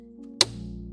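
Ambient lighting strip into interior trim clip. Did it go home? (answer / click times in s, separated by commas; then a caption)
yes / 0.4 s. A plastic ambient lighting strip is pressed down into its retaining clip in a Tesla car interior trim before the screw is tightened. A single sharp click sounds at 0.4 s over steady background music, and the strip is seated in the clip.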